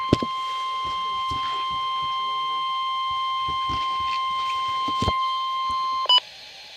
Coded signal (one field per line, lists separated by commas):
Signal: Emergency Alert System (SAME) tones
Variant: 1050 Hz attention tone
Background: speech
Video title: NOAA - Lake Effect Snow Watch (EAS #1,031)